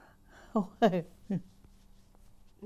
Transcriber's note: laughs